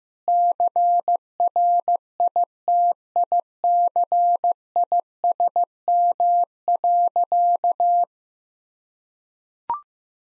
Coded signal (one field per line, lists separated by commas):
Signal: Morse code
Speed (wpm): 15 wpm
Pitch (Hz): 700 Hz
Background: none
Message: CRITICISM.